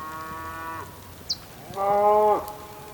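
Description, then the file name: Two bull moos, the second louder and fuller, with a single bird chirp between them. Ambience recorded on the Patagonian plain, with bulls and birds. "felix blume ambience patagonian plain bulls birds rain"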